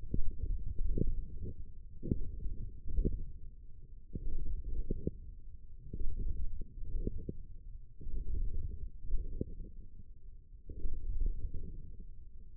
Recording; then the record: forearm muscle sounds (acoustic myography)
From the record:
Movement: wrist flexion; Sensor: system 1, eight BSWA MPA416 microphones around the upper forearm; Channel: 7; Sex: male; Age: 20 years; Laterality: left